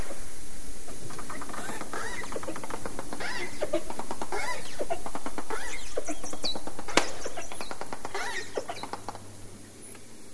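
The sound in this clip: Dolphin pulsed calls, dense buzzy click trains repeated in several bursts, mixed with short rising whistle fragments, fading toward the end over low background rumble.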